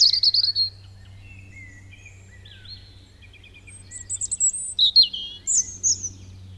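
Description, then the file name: European robin song: a bright opening trill, a stretch of faint thin notes, then loud, varied high warbles and sliding whistles toward the end, over a low constant hum. "Erithacus rubecula"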